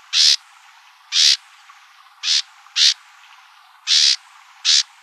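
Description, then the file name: Bewick's wren calling with dry, buzzy rasps, six separate notes spaced roughly a second apart, some closer together in pairs. Calls recorded in Arizona on 24 March 2002. "BEWR CALLS 032402. deviche"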